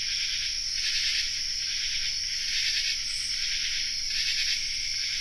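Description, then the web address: Common true katydid chorus, an unbroken high insect drone with soft rasping swells every second or two and one brief high chirp. Chorus, North America. "Nature Songs N America Songs of Insects Common True Katydid chorus"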